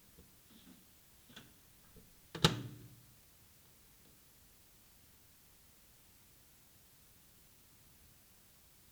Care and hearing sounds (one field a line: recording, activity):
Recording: daily activity, guitar pickup as the sensor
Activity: use microwave